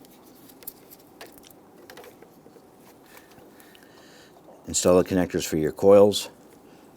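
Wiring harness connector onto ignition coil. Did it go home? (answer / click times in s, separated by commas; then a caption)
no / none. Plastic wiring harness connectors are being handled near the ignition coils of a 2011-2019 Ford Explorer 3.5L V6, with a few faint light taps and handling noises in the first two seconds. Someone talks toward the end. Nothing has seated or clicked yet.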